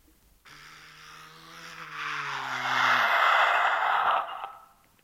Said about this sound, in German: Da draußen fahren Autos vor. 4 Stück scheinen Polizeiwagen zu sein.